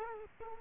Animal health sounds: mosquito wingbeat signal from an infrared sensor; Culex quinquefasciatus

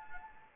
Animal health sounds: mosquito wingbeat signal from an infrared sensor; Anopheles gambiae

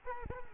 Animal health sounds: mosquito wingbeat signal from an infrared sensor; Culex quinquefasciatus

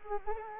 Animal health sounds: mosquito wingbeat signal from an infrared sensor; Anopheles gambiae

